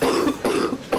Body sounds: coughing mixed with background sound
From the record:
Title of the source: Coughing 77

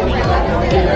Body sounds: background sound without coughing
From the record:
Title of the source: Nightlife Party Simulating Party Club Noise 1 Hour

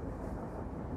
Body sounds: background sound without coughing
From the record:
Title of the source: Train Ride Ambience ambient white noise for sleeping, focus, studying, reading

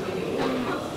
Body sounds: coughing mixed with background sound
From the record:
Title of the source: Barking cough - # 10

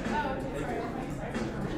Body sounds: background sound without coughing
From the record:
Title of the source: 60 minutes of coffee shop sounds for study and concentration

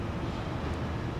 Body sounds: background sound without coughing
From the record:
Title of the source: 30 MINUTES Construction Site Ambience (CC BY 4.0)

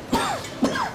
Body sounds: coughing mixed with background sound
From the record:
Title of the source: Spring Allergy Coughing

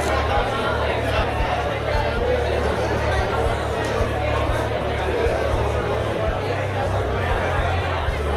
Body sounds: background sound without coughing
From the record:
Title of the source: CITY SOUNDS Busy Bar in the Evening Night - 2 HOURS of Ambiance for Relaxation

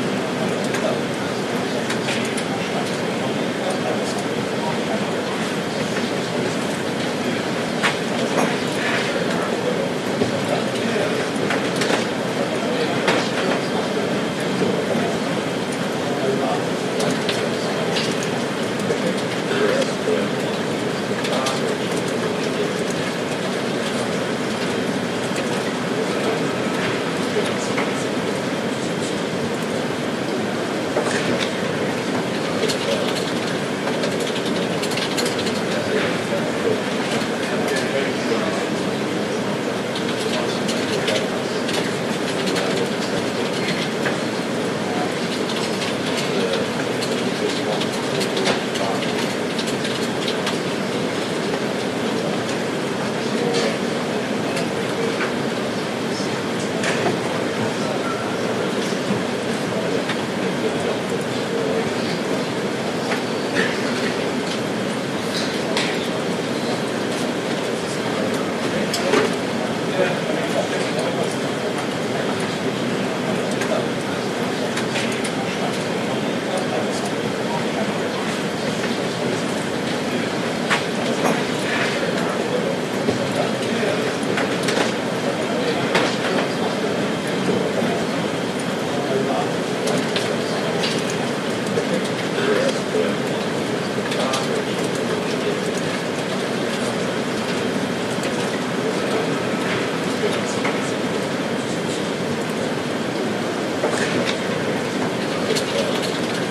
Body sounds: background sound without coughing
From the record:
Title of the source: Office Sounds Ambience - Background Noise for Study and Work

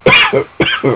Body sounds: coughing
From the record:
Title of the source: Dry Afternoon Cough

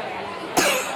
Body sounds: coughing mixed with background sound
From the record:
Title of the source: 64 coughing, allergies, singing lungs

